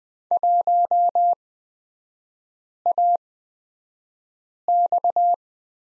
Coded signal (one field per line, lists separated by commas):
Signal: Morse code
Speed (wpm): 20 wpm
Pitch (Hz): 700 Hz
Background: none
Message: 1AX